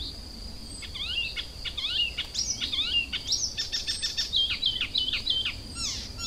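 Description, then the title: Icterine warbler song, a fast varied medley of squeaky slurred notes and harsh chattering phrases starting after a second, over a steady high whine. Kirchdorf, Germany. "Kirchdorf, Deutschland - Gelbspötter"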